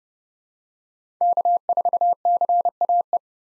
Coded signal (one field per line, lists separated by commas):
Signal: Morse code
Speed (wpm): 31 wpm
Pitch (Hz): 700 Hz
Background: none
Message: K4CAE